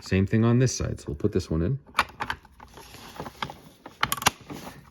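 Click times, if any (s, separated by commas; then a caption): 4.0 s. Someone talks, then the second plastic side part of an AT-AT toy is worked into the body by fishing its peg into the slot, with small plastic scrapes and taps. Its peg snaps into place at 4.0 s, seating the part.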